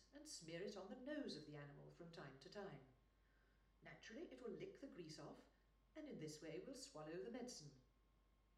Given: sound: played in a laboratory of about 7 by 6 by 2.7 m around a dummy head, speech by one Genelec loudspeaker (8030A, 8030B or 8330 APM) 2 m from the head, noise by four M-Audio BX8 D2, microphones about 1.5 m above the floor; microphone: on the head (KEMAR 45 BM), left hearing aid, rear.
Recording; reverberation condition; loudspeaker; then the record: female speech in English; medium; 60 degrees to the left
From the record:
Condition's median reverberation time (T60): about 510 ms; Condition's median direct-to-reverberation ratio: about -0.5 dB